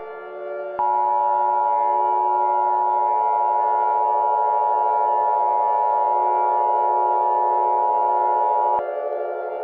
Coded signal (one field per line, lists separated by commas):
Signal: Emergency Alert System (SAME) tones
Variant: 853 and 960 Hz attention tone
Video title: EAS: Not So Harmonious